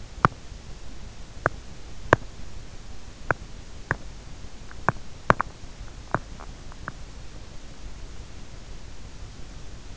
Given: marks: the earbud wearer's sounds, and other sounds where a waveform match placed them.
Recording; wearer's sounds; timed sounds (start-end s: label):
sounds in sleep by an in-ear microphone; teeth grinding
0.00-7.29 s: teeth grinding